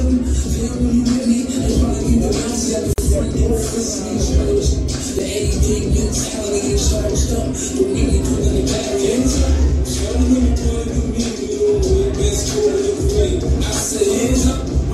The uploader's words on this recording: Central 111 Virginia Beach Party Cam. The lively sounds from within Central 111.